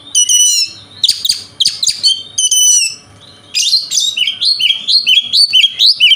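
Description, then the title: Oriental magpie-robin song: loud, fast mix of harsh downward sweeps and bright whistled notes, a brief pause, then a run of repeated whistled notes. Indonesian name kacer; song style called konslet, said to provoke other magpie-robins. "Kacer Konslet Bikin Kacer Lain"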